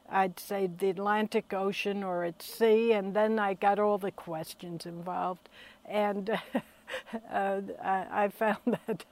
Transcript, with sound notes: I'd say the Atlantic Ocean or at sea, and then I got all the questions involved. And —— [Chuckles] I found that